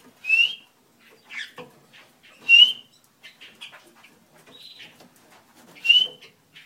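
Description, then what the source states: Spotted ground thrush giving three short, high whistled notes spaced a few seconds apart, with softer chirps between them. Natal subspecies, Zoothera guttata guttata.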